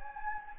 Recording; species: mosquito wingbeat signal from an infrared sensor; Anopheles gambiae